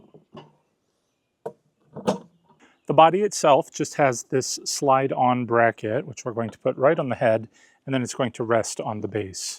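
The plastic head support pole of an 8.8-foot Leggs giant yard spider decoration is pushed into its head or base socket. A few faint handling taps lead into a sharp snap at 1.5 s as the pole seats in place. Someone then talks.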